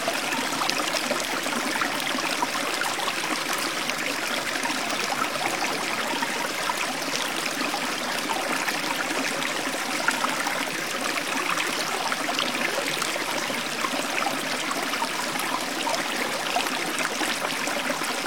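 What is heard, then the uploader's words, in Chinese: A small stream flows with a steady, dense, bright babble of water, unchanging throughout, with little low rumble. 大自然的声音-小溪流水声。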